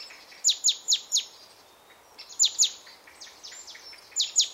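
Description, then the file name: Great tit calls: a run of four quick falling notes, then a few fainter pairs, over a steady low hiss. "Parus major"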